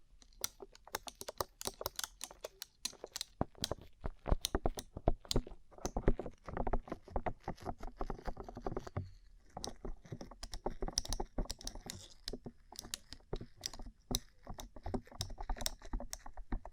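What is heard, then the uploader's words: Tapping on a rhinestone-covered surface: a dense, quick run of crisp, bright clicks that rarely pauses. The taps come in irregular flurries of varying loudness, with a brief lull just before the nine-second mark before the clicking resumes just as busily. ASMR Rhinestone Covered Tapping 3Dio (No Talking).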